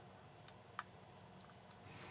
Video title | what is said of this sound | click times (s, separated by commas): Never Miss a Moment With the Insta360 ONE X2 360 Camera | and it clicks into place | 0.8 s